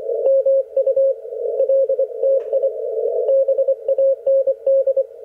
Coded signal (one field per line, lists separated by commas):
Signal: Morse code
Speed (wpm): 26 wpm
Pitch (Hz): 540 Hz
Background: radio noise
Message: MULTIBAND